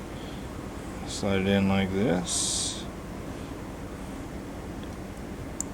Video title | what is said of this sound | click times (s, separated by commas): Install LED Brake Lights & Turn Signals on Harley Davidson - Complete Guide & Instructions | and click then you drop this little cap down which put holds everything together | 5.6 s